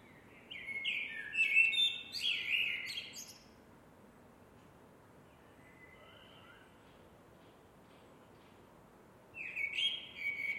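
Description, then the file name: Eurasian blackbird singing a mellow warbled phrase with high twittery flourishes, then about six seconds of near silence before another phrase begins. "MERLES"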